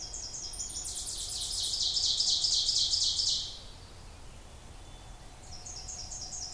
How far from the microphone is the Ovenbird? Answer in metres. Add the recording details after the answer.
about 20 m. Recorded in boreal forest in Alberta, Canada, on 26 May 2016 at 06:45. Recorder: SongMeter 3, array SBT-3-15. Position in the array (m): 29 m, 239 m. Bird 20